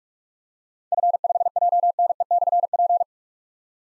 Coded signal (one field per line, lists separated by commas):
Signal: Morse code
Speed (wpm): 44 wpm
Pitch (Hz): 700 Hz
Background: none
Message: F5JNE/P